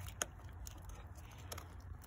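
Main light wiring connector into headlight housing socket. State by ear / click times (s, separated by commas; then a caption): not seated / none. Someone handles the plastic wiring connector for the main light while plugging it toward the socket of a Vland RGB aftermarket headlight housing for a 2011–2014 Dodge Charger. A sharp tap at 0.2 s and a fainter one near 1.5 s stand out over a low, steady background hum. The connector has not seated or clicked yet.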